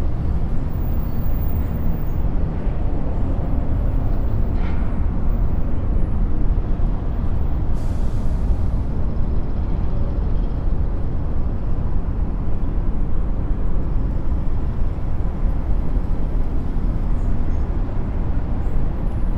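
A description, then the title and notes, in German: City noise from twenty floors above a busy street: a steady, dense low rumble of traffic with a brief hiss near eight seconds. 20 Stockwerke über der belebten Stadtszene.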